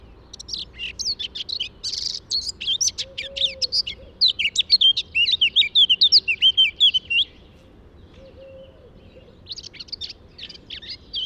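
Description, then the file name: Eurasian blackcap singing a long, tumbling warble that ends in loud clear whistles. Soft low whistles are heard twice, and a short further phrase closes the stretch. "Sylvia atricapilla"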